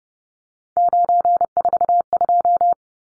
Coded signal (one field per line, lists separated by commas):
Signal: Morse code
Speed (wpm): 30 wpm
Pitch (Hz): 700 Hz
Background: none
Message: 942